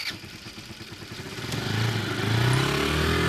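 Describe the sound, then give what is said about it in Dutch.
A small scooter engine sputters in uneven low pulses, then revs up into a steadier, rising drone as the rider pulls away, heading home as it grows dark, growing louder toward the end. No one speaks. “Dus ik ga lekker naar de scooter en richting de veiligheid van mijn eigen huis.”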